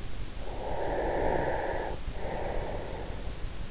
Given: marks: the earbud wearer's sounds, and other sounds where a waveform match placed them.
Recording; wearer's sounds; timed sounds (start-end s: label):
sounds in sleep by an in-ear microphone; breath
0.38-3.49 s: breath